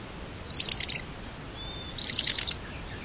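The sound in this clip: Bird calls: two brief bursts of sharp, high chirps, separated by a short pause with a faint thin whistle between.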